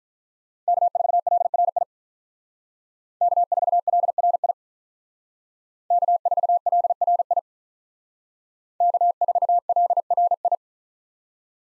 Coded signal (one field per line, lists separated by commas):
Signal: Morse code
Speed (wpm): 46 wpm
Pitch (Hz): 700 Hz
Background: none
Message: K4LRI K4LRI K4LRI K4LRI